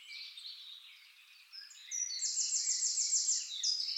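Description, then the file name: Eurasian wren song, soft high chirps that break into a loud, even, rapid trill of repeated notes. "Troglodytes troglodytes"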